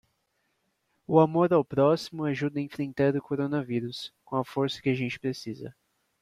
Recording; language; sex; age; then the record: spoken sentence; Brazilian Portuguese; male; 20 to 29 years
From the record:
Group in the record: control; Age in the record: 24 years